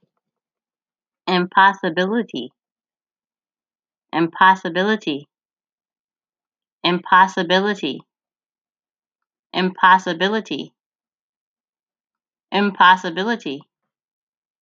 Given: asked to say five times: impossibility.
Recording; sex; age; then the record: repeated word; female; 40 to 49 years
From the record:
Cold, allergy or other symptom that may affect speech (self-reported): no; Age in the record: 45 years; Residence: California, United States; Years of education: 16